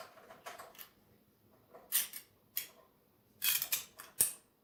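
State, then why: Released. The peel-off metal lid of a fish can is worked off while the can is held down, with the lid rocked back and forth at the end of the peel. Scattered soft creaks and scraping bursts build to several sharp metallic crackles around 3.4 to 3.8 seconds. The lid breaks free of the rim with a small metallic tink at 4.2 seconds.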